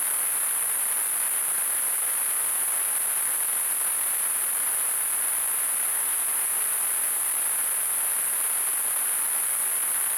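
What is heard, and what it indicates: A steady, very high-pitched ringing hiss sits over a softer wash of broad noise, unchanging for the full ten seconds. It is a simulated tinnitus sound, imitating the constant ringing heard in the ears.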